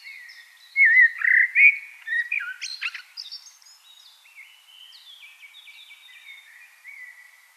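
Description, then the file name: Common blackbird song phrase: loud mellow whistled warbles, then a long, quieter run of thin high squeaky notes trailing off. "Turdus merula"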